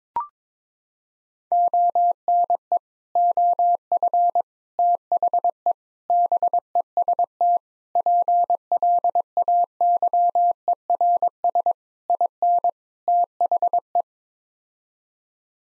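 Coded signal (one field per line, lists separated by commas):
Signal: Morse code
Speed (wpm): 22 wpm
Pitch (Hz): 700 Hz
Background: none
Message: ONE OF THE BEST PLAYERS IN THE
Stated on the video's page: Morse practice at 22 wpm: sets of seven common words (7-grams) for head-copy, each sent twice.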